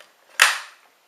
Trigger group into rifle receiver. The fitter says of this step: you heard what that click sounded like nice firm and tight and we now have